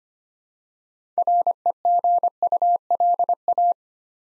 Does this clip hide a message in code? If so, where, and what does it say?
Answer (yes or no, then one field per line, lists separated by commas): yes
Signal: Morse code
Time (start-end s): 1.2-3.7 s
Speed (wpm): 25 wpm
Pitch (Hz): 700 Hz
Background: none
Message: REGULA